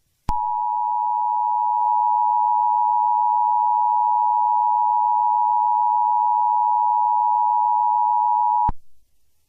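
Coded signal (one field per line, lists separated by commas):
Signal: Emergency Alert System (SAME) tones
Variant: 853 and 960 Hz attention tone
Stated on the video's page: Fictional EAS scenario with valid tones.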